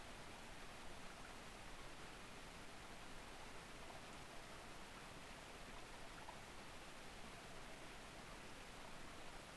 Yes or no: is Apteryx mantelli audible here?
no